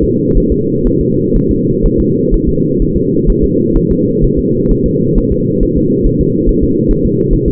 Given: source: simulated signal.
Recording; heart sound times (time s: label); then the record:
fetal heart sounds
0.04 s: S2
0.38 s: S1
0.52 s: S2
0.87 s: S1
1.01 s: S2
1.36 s: S1
1.51 s: S2
1.86 s: S1
2.00 s: S2
2.34 s: S1
2.49 s: S2
2.82 s: S1
2.97 s: S2
3.30 s: S1
3.44 s: S2
3.77 s: S1
3.91 s: S2
4.24 s: S1
4.39 s: S2
4.72 s: S1
4.86 s: S2
5.18 s: S1
5.32 s: S2
5.63 s: S1
5.77 s: S2
6.07 s: S1
6.21 s: S2
6.49 s: S1
6.64 s: S2
6.91 s: S1
7.05 s: S2
7.33 s: S1
7.48 s: S2
From the record:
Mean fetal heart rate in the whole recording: 130 bpm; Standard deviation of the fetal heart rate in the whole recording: 4 bpm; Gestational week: 38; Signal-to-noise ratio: -11.2 dB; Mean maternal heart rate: 72 bpm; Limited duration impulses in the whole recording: present